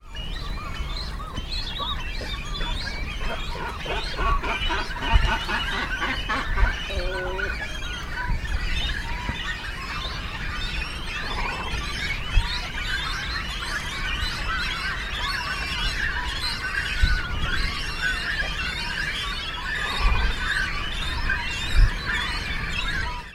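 Nestling cormorants beg for food in a dense, continuous squeaky chorus that fills the whole recording without pause, bright. A few deeper, rougher calls from adults in the colony break through briefly, around the middle and near the end.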